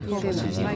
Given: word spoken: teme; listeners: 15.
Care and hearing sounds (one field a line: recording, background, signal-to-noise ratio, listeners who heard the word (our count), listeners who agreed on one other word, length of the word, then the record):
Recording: one Spanish word in noise, from a listening test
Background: eight-talker babble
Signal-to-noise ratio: -1.7 dB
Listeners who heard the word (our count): 1 of 15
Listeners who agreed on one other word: 6 of 15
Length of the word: 0.36 s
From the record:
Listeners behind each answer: 6, 1, 1, 1, 1, 1, 1, 1, 1, 1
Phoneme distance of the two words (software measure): 20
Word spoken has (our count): 2 syllables, 4 phonemes, stress on syllable 1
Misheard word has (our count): 2 syllables, 4 phonemes, stress on syllable 1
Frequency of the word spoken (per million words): 12.18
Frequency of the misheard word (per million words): 8.23